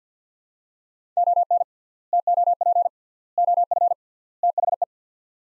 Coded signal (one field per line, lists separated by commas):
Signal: Morse code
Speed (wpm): 50 wpm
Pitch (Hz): 700 Hz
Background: none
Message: ON TOP OF THE